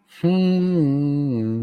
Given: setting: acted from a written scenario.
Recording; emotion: vocal sound without words; romantic love